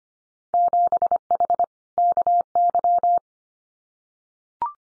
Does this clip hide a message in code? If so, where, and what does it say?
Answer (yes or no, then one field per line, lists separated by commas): yes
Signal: Morse code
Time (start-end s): 0.5-3.2 s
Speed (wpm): 25 wpm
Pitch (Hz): 700 Hz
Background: none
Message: 7H KY